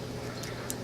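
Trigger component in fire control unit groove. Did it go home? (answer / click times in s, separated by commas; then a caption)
yes / 0.7 s. A trigger component for a Sig Sauer P320 Apex trigger install is placed into a groove in the fire control unit over steady low background noise. A single small metallic click at 0.7 s marks the part locking into the groove, and it is seated.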